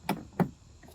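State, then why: Seated. A Yarbo Smart Assist module is lined up on the robot mower body and pushed down. Two sharp clicks are heard at 0.1 s and 0.4 s, followed by a faint, softer knock near 0.8 s. The module snaps in and is seated on the mower.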